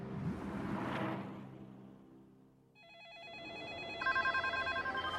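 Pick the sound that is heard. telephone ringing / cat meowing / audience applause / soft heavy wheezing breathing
telephone ringing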